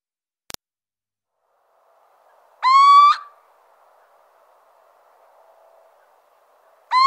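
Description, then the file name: Little owl giving a single drawn-out, slightly rising whistled hoot, with a sharp click beforehand and another hoot starting at the very end; otherwise quiet. "Cheveche-d Athena"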